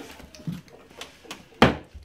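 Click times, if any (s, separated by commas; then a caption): 1.6 s. A laminate floor plank with padding attached underneath is angled and pressed down into the tongue-and-groove click-lock joint of the neighbouring plank, with faint taps and a low thump at about 0.5 s. It locks into place with one loud, sharp click at 1.6 s, confirming the plank is seated.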